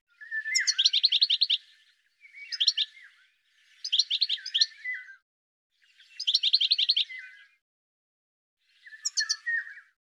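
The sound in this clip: Bird song: repeated bursts of quick high chirps, several phrases ending with a lower downslurred note, spaced by short pauses.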